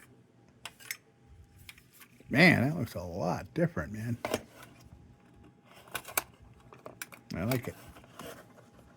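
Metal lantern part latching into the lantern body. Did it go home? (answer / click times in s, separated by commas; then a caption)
no / none. An old metal Dietz Comet lantern, cleaned up and converted to battery power, is handled as a part of it is moved toward closing against the lantern body. Light metallic clinks and taps sound around 0.7, 0.9, 6.0, 6.2 and 7.0 seconds while someone talks. Nothing has seated or clicked yet; the part has not gone home by the end of the clip.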